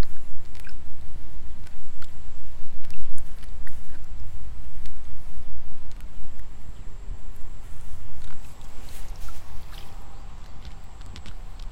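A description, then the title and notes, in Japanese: Pulling rice seedlings in the evening: irregular soft thuds and wet clicks over a dense low rumble, busy for the first eight seconds or so, then quieter and sparser. A thin, steady high whine like insects runs underneath throughout. イネ苗取り ブユのいない気持ち良い夕方。いよいよ今年の手植え田んぼも大詰め。夕方、イネの苗取り。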